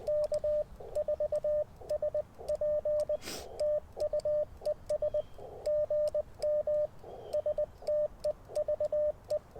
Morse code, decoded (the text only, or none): K4SP TU ES GM STEVE